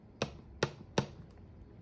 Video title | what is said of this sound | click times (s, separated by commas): Spears of the Emperor (Limited Edition) Box Opening | So as you can see, she is actually held by magnets. You can kind of hear the click. | 0.2 s, 0.6 s, 1.0 s